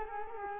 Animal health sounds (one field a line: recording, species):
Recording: mosquito wingbeat signal from an infrared sensor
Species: Culex quinquefasciatus